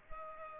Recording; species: mosquito wingbeat signal from an infrared sensor; Culex pipiens